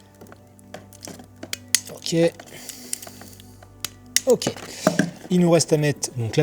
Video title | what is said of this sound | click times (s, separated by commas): 1 Heure pour Apprendre à Monter 1 Vélo ! (Ritchey Outback) | on va serrer tranquillement quand ça cliquera ça sera bon | 1.8 s